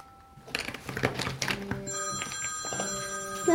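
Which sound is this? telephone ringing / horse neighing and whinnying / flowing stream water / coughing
telephone ringing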